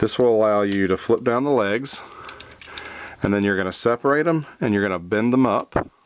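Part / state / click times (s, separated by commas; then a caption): plastic leg joints of a transforming toy train robot / not seated / none. Someone talks while handling the plastic leg joints of a Takara Tomy Shinkalion combining transforming toy train robot, flipping the legs down, separating them and bending them up. A few light, sharp handling ticks come at about 2.3, 2.4, 2.6 and 2.8 s during a pause in the talk. The clip ends before the legs go home, and nothing has seated or clicked into place yet.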